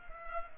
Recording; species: mosquito wingbeat signal from an infrared sensor; Culex pipiens